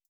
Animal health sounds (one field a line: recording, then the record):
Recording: hydrophone in a shrimp aquaculture tank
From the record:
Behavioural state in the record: feeding